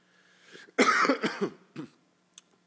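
A quick run of three or four harsh, partly voiced coughs from an adult in an audience during a church sermon, indoors.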